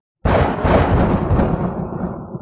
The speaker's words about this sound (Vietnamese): Một tràng tiếng sấm vang lên, 3 luồng sáng kia đánh lên trên cái bàn tay khổng lồ, khiến cho nó ầm ầm chấn động.